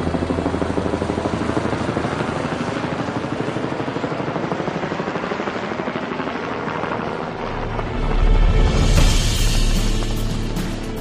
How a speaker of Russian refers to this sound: В небе над ними пронеслись несколько вертолетов, в том числе и военных.